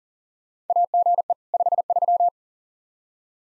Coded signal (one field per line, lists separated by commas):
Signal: Morse code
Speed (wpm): 40 wpm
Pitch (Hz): 700 Hz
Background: none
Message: AGE 53